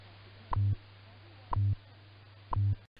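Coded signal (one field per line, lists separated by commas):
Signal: radio time signal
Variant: WWV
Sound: three sharp ticks one second apart, each followed by a short low buzzy hum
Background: radio static, low hum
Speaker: WWV is very strong let's take a listen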